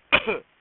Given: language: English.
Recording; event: throat vibration sensor signal played as sound; cough